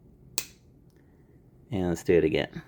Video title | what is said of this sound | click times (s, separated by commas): Rosecraft Tuckahoe Jack | And just for fun, let's hear the snap. | 0.4 s